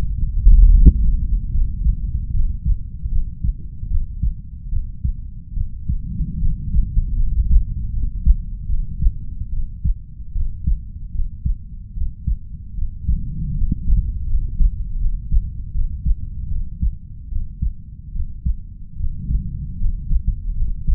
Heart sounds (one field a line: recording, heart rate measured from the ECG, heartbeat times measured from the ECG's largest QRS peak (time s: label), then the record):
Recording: heart sounds by stethoscope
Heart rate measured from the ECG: 76 bpm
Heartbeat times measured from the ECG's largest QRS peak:
0.70 s: heartbeat
1.50 s: heartbeat
2.30 s: heartbeat
3.08 s: heartbeat
3.87 s: heartbeat
4.69 s: heartbeat
5.53 s: heartbeat
6.38 s: heartbeat
7.15 s: heartbeat
7.90 s: heartbeat
8.66 s: heartbeat
9.49 s: heartbeat
10.32 s: heartbeat
11.11 s: heartbeat
11.93 s: heartbeat
12.74 s: heartbeat
13.54 s: heartbeat
14.26 s: heartbeat
14.97 s: heartbeat
15.71 s: heartbeat
16.48 s: heartbeat
17.28 s: heartbeat
18.12 s: heartbeat
18.96 s: heartbeat
19.77 s: heartbeat
20.53 s: heartbeat
From the record:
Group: healthy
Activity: Valsalva maneuver 0-3 s, rest 3-21 s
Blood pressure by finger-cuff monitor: 115/65 mmHg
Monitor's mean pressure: 78 mmHg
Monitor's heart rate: 74 bpm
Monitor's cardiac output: 5.9 L/min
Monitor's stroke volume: 77 mL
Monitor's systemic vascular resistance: 970 dyn s/cm5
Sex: female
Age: 32 years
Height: 168 cm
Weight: 61.9 kg